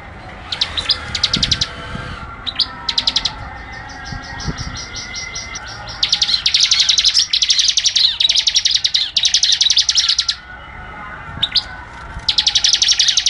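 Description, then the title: Bird song: repeated bursts of quick, high chirping trills, some long and dense, others short, continuing with brief gaps across the whole stretch. "SuaraBurung Kicau1"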